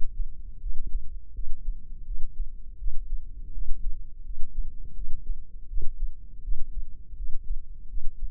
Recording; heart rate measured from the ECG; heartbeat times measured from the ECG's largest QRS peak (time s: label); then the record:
heart sounds by microphone in the left ear; 82 bpm
0.60 s: heartbeat
1.33 s: heartbeat
2.05 s: heartbeat
2.78 s: heartbeat
3.52 s: heartbeat
4.24 s: heartbeat
4.94 s: heartbeat
5.68 s: heartbeat
6.42 s: heartbeat
7.16 s: heartbeat
7.88 s: heartbeat
From the record:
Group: healthy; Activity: rest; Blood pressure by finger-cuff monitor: 165/85 mmHg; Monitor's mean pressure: 102 mmHg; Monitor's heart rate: 81 bpm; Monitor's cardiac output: 8.4 L/min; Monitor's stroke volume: 102 mL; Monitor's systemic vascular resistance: 900 dyn s/cm5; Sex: male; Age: 57 years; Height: 188 cm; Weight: 106 kg